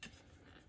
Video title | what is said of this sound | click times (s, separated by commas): Fixing oil pan leak, rear main seal & motor mounts. | and then just push this on until it snaps in | 0.0 s